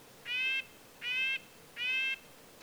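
Red-breasted nuthatch producing three slow, nasal, tin-horn notes, each held briefly and evenly spaced.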